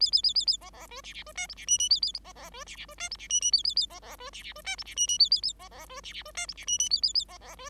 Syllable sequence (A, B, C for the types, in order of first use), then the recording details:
A A A A A B B C D D C E F D G G A A B B C D D C E F D G G A A A B B C D D C E F D G G A A A B B C D D C E F D G G A A A B B C. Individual Bird5